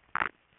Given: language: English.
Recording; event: throat vibration sensor signal played as sound; swallow